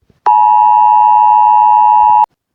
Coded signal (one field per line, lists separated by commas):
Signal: Emergency Alert System (SAME) tones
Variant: 853 and 960 Hz attention tone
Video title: Eas Hurricane Warning Hurricane Warning been iussed Hilo